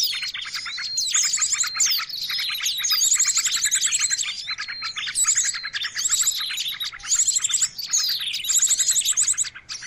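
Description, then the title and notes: Birds chirping noisily, a crowded, continuous mix of sharp high notes and fast trills. Noisy birdsong used as a lure for catching birds. "Master Burung Ribut Durasi Panjang. Burung Ribut Pikat"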